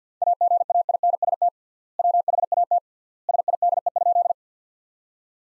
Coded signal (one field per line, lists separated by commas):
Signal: Morse code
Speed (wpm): 50 wpm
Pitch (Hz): 700 Hz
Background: none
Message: AGAINST WHAT SIDE?